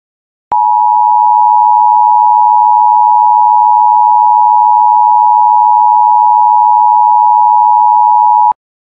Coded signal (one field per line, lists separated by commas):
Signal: Emergency Alert System (SAME) tones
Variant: 853 and 960 Hz attention tone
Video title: EAS Scenario: Three Mile Island Nuclear Accident (Remake)